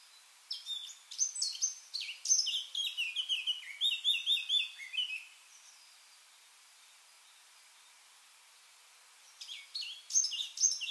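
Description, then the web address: Eurasian blackcap song: a quick, chattering warble for about five seconds that ends on lower fluty notes, then near silence before the bird starts again. "SETE data Sylvia atricapilla"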